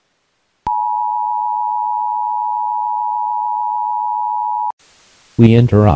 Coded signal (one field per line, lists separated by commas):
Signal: Emergency Alert System (SAME) tones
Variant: 853 and 960 Hz attention tone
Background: speech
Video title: Enclave EAS (Custom EAS scenario)